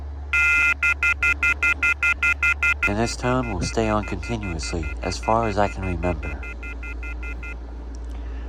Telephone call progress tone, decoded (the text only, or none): off-hook warning tone